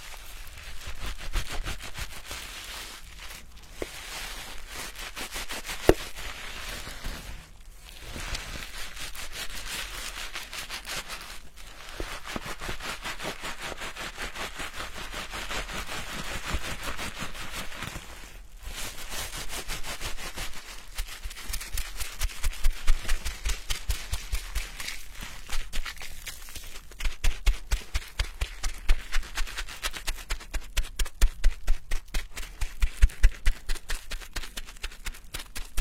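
Hair washing with scalp massage: a dense, crackling fizz of lather and fingers working through wet hair, full of fine rapid ticks. Brief pauses break it around 4, 8, 12 and 18 seconds, and after about 21 seconds the rubbing grows louder and more rhythmic.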